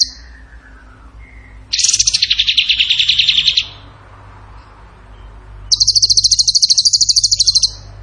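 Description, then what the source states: Bird song in two loud, rapid high trills, each lasting one to two seconds, separated by a quiet pause. Training song (masteran) in the tembakan gacor style.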